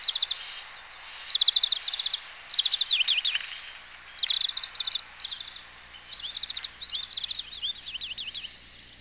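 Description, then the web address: Grey-capped greenfinch song of fast buzzy trills and twittering phrases, later joined by thin high wavering notes, against soft background noise. Recorded 11 May 2018 in Chikushi. "chikushishou bird watching club 2018 5 11 kawarahiwa"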